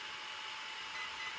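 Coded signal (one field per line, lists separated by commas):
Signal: beep code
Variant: RC car ESC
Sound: steady whirring hiss with a low hum, then two short high beeps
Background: motor or fan noise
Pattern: 2 short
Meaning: Two beeps mark programming mode 2 in the entry sequence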